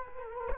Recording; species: mosquito wingbeat signal from an infrared sensor; Culex quinquefasciatus